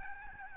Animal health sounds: mosquito wingbeat signal from an infrared sensor; Aedes albopictus

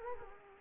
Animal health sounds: mosquito wingbeat signal from an infrared sensor; Culex quinquefasciatus

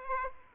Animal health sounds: mosquito wingbeat signal from an infrared sensor; Aedes aegypti

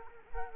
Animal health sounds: mosquito wingbeat signal from an infrared sensor; Culex quinquefasciatus

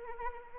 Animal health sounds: mosquito wingbeat signal from an infrared sensor; Anopheles arabiensis

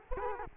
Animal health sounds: mosquito wingbeat signal from an infrared sensor; Culex quinquefasciatus

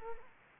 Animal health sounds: mosquito wingbeat signal from an infrared sensor; Culex quinquefasciatus

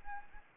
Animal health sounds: mosquito wingbeat signal from an infrared sensor; Anopheles gambiae

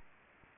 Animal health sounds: mosquito wingbeat signal from an infrared sensor; Aedes aegypti

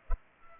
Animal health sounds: mosquito wingbeat signal from an infrared sensor; Culex pipiens

